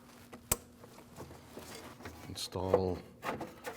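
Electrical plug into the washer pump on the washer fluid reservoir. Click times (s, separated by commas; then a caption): 0.5 s. The electrical plug is pushed onto the washer pump on the new windshield washer fluid reservoir of a 2012-2016 Honda CR-V, with the bottle slid into the fender area. One sharp, loud click at 0.5 s shows the connector has seated. Afterward someone talks.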